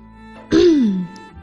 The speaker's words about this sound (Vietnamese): Sau đó tôi hắng giọng hai tiếng, khuyên giải.